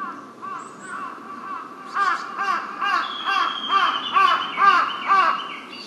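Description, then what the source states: Large-billed crow cawing in a rapid run of hoarse, arched notes after a quieter start, with thin whistled bird calls overlapping in the background. Recorded 23 May 2007.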